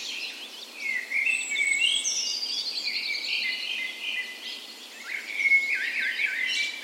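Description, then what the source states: Birds in a dawn chorus, several overlapping songs of bright chirps, warbles and a high thin descending trill, with steady soft background hiss. Dawn chorus in a park west in Bergen, Norway, on the morning of 17 May, Norway's National Day, in full spring; recorded with Sony PCM A10 and LOM Usi microphones as tree ears.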